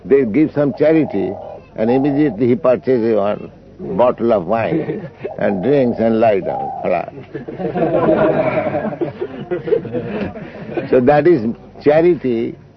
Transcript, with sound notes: they give some charity and immediately he purchases one bottle of wine and drinks and lie down flat. (laughter) So that is charity...